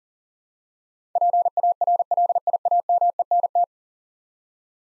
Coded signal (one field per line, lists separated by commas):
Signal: Morse code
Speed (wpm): 40 wpm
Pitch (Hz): 700 Hz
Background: none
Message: PARLIAMENT